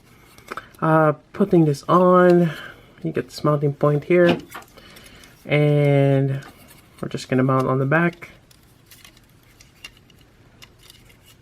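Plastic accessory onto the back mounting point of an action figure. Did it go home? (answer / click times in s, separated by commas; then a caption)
no / none. Someone talks while a plastic accessory is held and lined up against the back mounting point of a Robot Spirits Justice Gundam action figure. Only light handling ticks and taps are heard around 0.4–0.6 s and 9.0–10.9 s. Nothing has snapped in yet.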